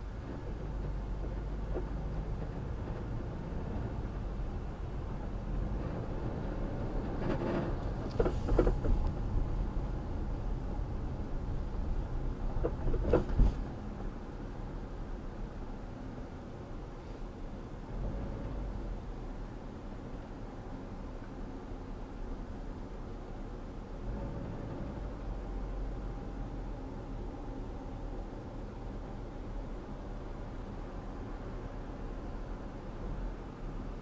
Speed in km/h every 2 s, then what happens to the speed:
13, 21, 24, 27, 31, 32, 32, 29, 29, 29, 31, 29, 31, 32, 31, 31, 29.
0-9 speeds up to 32. 9-34 steady at about 31.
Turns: none.